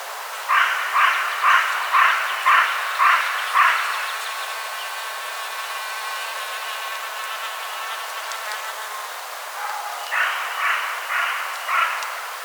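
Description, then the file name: Carrion crow calling: a series of seven harsh caws about half a second apart, a pause, then four more, over steady background hiss. "Corvus corone"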